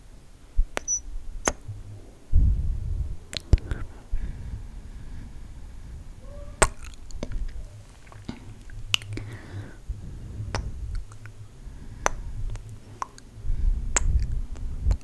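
Slow, wet mic kisses and lip-gloss smacks, sharp clicks every second or so over soft low rumbles and faint breathy sounds.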